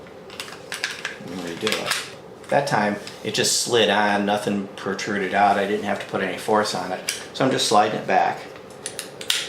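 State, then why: Seated. On a Walther PK380 pistol, the slide is slid back onto the frame with no force and nothing protruding, then the takedown lever in the frame is pushed up until it locks. Someone talks throughout over light handling clicks near the start, and the lever clicks into its locked position at 9.3 s, seated.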